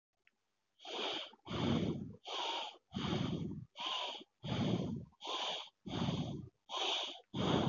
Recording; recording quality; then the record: shallow breathing; moderate, slight background noise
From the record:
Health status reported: healthy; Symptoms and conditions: none ticked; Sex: male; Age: 24 years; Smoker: not ticked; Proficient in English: yes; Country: India